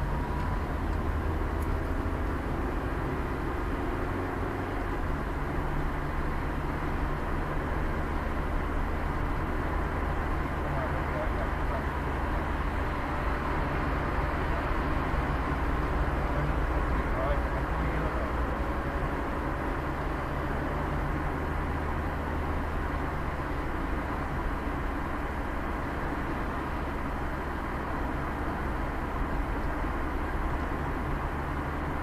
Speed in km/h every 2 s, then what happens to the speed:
68, 68, 66, 61, 54, 54, 56, 56, 58, 59, 55, 45, 43, 45, 51, 53.
4-8 slows to 54. 8-19 steady at about 56. 19-23 brakes to 43. 23-32 speeds up to 53.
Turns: none.